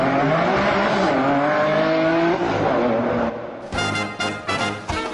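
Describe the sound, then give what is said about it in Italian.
A racing car engine, warmed up, roars and climbs in pitch as it revs hard, then tears away at a green light with loud, pulsing bursts of acceleration as it shifts through the gears. “E allora, tenetevi forte, i motori sono caldi, il piede è pronto sull'acceleratore. Semaforo verde, si parte.”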